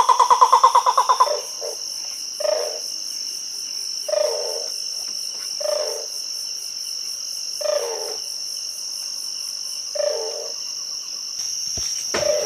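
Great blue turaco calling: a fast run of low throaty knocking notes, then single deep hollow notes at intervals, over steady high insect buzzing.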